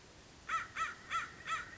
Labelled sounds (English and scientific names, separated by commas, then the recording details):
American Crow (Corvus brachyrhynchos)
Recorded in Sonoma County, California